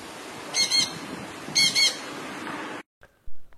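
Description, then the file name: Jandaya parakeet giving two short, harsh double squawks, then a brief silence and a click-like sound at the end. "canto da jandaia verdadeira"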